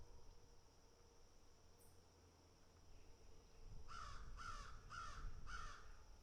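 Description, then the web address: Crow giving four rough caws in quick succession after a quiet start, over a low rumbling hum. Several crows picking and eating. "animals crows picking and eating"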